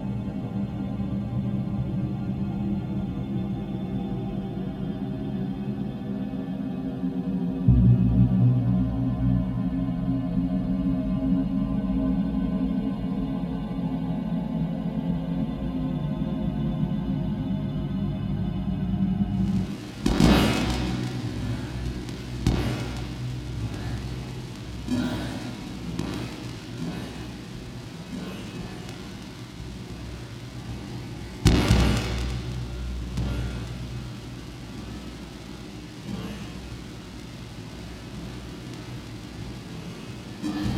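A radiophonic piece built from melting-snow sounds: a low layered drone for twenty seconds, then bright dripping, trickling clicks with sharp bursts near 20 and 31 seconds.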